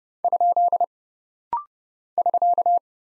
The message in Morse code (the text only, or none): ? <SK>